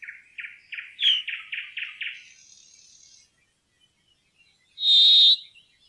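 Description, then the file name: Brambling giving one loud, drawn-out, buzzy wheezing note, preceded by a quick run of repeated chirping notes. "bjoerkefink"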